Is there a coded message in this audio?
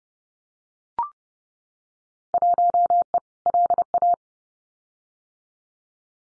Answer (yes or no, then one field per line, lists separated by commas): yes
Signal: Morse code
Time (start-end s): 2.3-4.1 s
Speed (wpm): 30 wpm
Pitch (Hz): 700 Hz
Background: none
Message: 1E LA